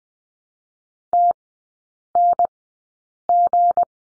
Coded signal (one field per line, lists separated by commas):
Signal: Morse code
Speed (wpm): 20 wpm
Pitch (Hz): 700 Hz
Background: none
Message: TNG